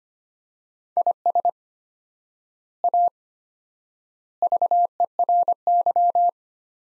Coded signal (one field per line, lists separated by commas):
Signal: Morse code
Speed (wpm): 25 wpm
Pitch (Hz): 700 Hz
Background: none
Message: IS A VERY